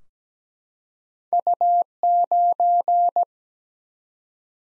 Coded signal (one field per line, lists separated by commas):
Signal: Morse code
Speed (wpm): 17 wpm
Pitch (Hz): 700 Hz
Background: none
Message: U9